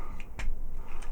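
Plastic panels on the arm of a transforming toy robot are swung around into position, giving small clicks at 0.2 s and 0.4 s. The tab does not really engage the slot, so the panels are held mostly by friction.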